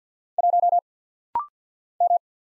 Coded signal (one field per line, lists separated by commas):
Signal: Morse code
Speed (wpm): 50 wpm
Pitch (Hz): 700 Hz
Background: none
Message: 1 M